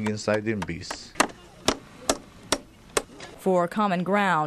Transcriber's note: the sounds of construction